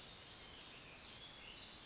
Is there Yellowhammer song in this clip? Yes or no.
no